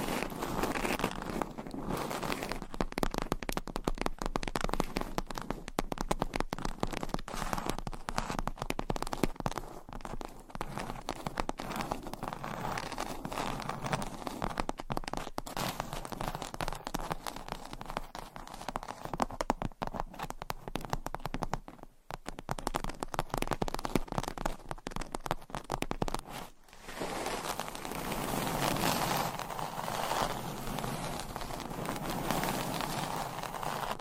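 Dense, continuous scratching and tapping fill the recording, a busy crackling texture of many tiny clicks with a strong midrange body. It stays fairly steady, dipping into brief near-silences around 22 and 26 seconds, then resumes slightly brighter and smoother.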